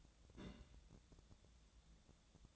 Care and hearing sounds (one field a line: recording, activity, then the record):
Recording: daily activity, microphone in the room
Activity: place on stove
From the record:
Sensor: 3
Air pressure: 1000.0 hPa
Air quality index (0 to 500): 125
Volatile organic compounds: 2 ppm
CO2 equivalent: 1123 ppm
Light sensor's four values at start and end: 46/115/50/55 and 46/115/50/55